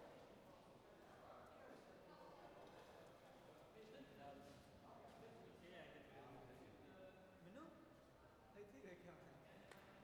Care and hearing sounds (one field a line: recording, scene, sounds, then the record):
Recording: everyday scene through a hearing-aid microphone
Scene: reverberant space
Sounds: background noise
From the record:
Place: railway station hall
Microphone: behind the ear, right, rear